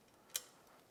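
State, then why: Partly seated. A steel snap ring is walked into its groove in the outer tube of a Honda CRF450 fork leg during a fork seal rebuild. A single sharp, bright click sounds at 0.4 s over a quiet background. It is the first of several clicks, so the ring is only partly in.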